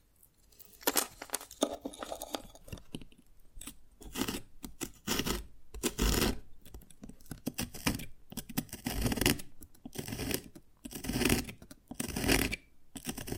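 Tapping and cracking on dalgona candy come in irregular bursts of sharp clicks and scraping, with brief crunching snaps around one, six and twelve seconds. Short quiet gaps separate the clusters, and a faint scratchy rubbing fills the pauses.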